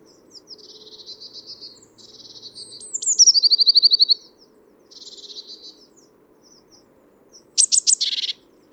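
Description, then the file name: Great tit calls: soft buzzy churrs, then a sharp high note and a long buzzing tone, more churring, and a final burst of quick high notes into a rasping churr. "Parus major"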